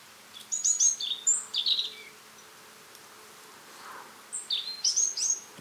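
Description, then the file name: European robin singing two high, thin, warbling phrases of quick varied notes, separated by a short quiet pause. "Erithacus rubecula"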